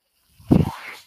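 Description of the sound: A brief low mechanical thump with a fading airy hiss, the sound of a home ventilator cycling.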